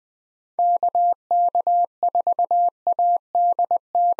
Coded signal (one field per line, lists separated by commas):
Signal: Morse code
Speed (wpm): 20 wpm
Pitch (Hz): 700 Hz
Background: none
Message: KK4ADT